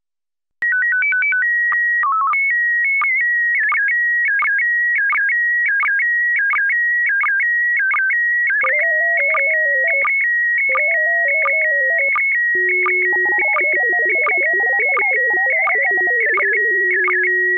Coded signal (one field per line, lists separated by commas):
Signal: SSTV (slow-scan television)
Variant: PD 90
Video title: Daily Minutes, March 30, 2019. (including Slow Scan Radio of the same date)